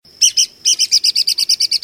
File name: Red-cockaded Woodpecker